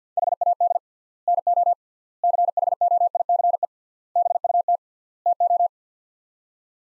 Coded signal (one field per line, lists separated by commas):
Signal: Morse code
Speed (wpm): 50 wpm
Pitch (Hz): 700 Hz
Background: none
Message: HAD NO CHOICE BUT TO